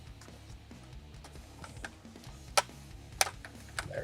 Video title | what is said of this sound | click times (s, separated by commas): How To Install HEIGH10 Radio for 2008-2011 GMC Sierra & Chevy Silverado Radio | you go clicks into place | 2.6 s, 3.2 s